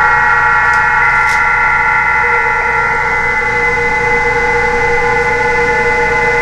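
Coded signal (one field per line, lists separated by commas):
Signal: PSK31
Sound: several steady overlapping warbling tones at different pitches, continuous, like many simultaneous narrow signals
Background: radio static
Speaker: so here's 20 M psk so Gary's on 20 M so I'm not going to transmit here but listen to this action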